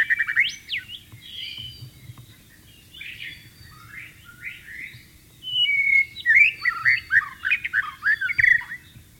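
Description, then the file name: White-rumped shama song: a rising whistle opens, then softer varied phrases, building to a loud, fast sequence of jumbled whistled notes. "suara burung murai batu di alam liar"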